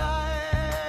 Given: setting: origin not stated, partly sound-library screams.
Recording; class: one-second piece from a danger detection set; normal situation